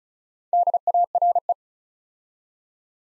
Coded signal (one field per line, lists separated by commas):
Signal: Morse code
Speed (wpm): 36 wpm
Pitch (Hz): 700 Hz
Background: none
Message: DARE